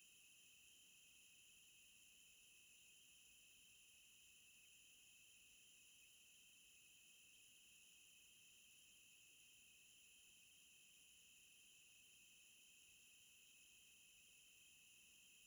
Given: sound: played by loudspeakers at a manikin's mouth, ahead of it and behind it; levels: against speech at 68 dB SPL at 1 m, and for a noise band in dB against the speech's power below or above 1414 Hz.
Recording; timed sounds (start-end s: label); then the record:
test signals for a remote microphone
0.00-15.47 s: noise band at 2828 Hz, as loud as that band is in speech
From the record:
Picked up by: remote microphone A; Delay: 47 ms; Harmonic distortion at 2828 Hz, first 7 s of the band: under -16 dB (system noise only)